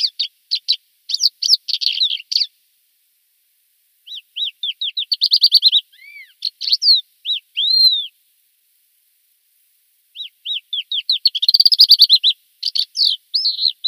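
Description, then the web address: Thekla's lark song: high, varied phrases of sweet whistled and slurred notes with fast twittering trills, delivered in bursts with short pauses between. "Schulze Peter Thekla Lark song"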